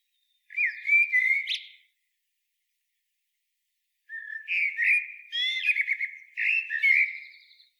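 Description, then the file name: Common blackbird song: a short mellow warble ending in a thin high squeak, a few seconds of silence, then a longer flowing phrase of fluted whistles. "Turdus merula"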